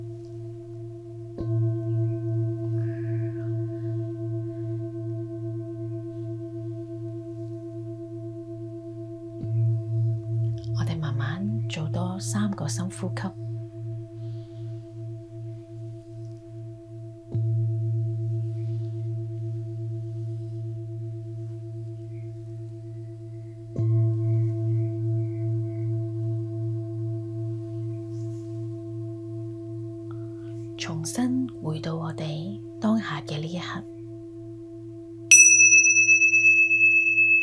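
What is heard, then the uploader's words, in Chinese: Singing bowls ring in a sound bath, a low hum and a steady mid tone struck again about every seven or eight seconds and slowly fading between strikes. Brief bright clattering or voice-like sounds come near 11 and 31 seconds, and a high chime enters at the end. 頌缽冥想療癒。頌缽的聲音浴。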